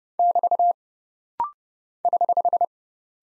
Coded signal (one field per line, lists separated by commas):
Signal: Morse code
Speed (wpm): 30 wpm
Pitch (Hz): 700 Hz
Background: none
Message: <BT> <HH>